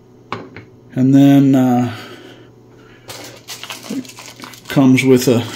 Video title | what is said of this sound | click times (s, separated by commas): 091724 Acasis TBU405 Pro enclosure and WD Black SN770 ssd | press them in until they click. | 0.3 s